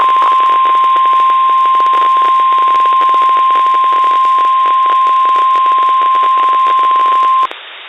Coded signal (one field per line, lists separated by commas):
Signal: Emergency Alert System (SAME) tones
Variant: 1050 Hz attention tone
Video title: EAS Weekly Test on WXJ41 and WXL93 (12/29/21)